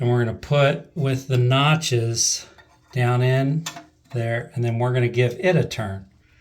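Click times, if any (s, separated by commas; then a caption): none. Someone talks while positioning the plastic cap of a round float assembly onto the fill valve body inside a toilet tank, ready to give it a quarter turn to lock it; this cap doesn't really click but just turns a little into place. Only speech is heard, with no distinct click. Nothing has seated yet when the clip ends.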